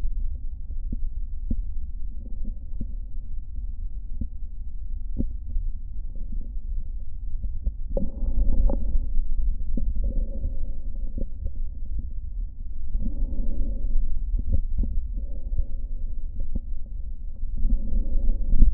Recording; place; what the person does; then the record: lung sounds by stethoscope; right posterior basal chest; quiet breathing, then deep breathing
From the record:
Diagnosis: COPD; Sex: male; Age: 81 years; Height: 166 cm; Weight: 98.7 kg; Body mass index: 35.8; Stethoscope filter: diaphragm mode